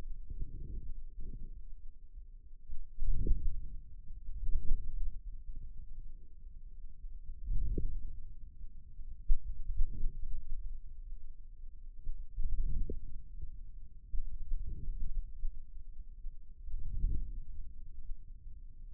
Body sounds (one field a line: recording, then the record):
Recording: forearm muscle sounds (acoustic myography)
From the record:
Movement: hand closing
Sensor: system 2, bracelet of six BSWA MPA416 microphones around the upper forearm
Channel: 4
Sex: male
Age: 22 years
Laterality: right